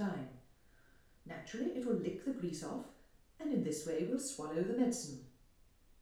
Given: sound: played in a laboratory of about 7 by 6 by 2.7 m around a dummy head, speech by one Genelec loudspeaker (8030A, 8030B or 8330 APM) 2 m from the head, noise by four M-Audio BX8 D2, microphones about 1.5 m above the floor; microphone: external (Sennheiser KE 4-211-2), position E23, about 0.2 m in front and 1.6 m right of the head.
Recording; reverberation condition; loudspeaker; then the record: female speech in English; medium; 30 degrees to the right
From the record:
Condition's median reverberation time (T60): about 510 ms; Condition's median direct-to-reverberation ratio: about -0.5 dB